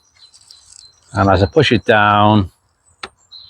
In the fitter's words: you can hear it just click into place.